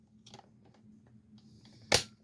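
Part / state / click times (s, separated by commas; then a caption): battery pack into battery adapter / seated / 1.9 s. A power tool battery pack is slid onto a battery adapter, with a few faint taps and a brief sliding scrape before a sharp, loud click at 1.9 s. The battery latches and is seated in the adapter.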